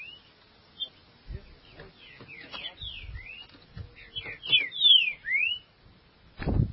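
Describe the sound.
Green-winged Saltator song: slurred whistles rising and falling, with low thumps underneath.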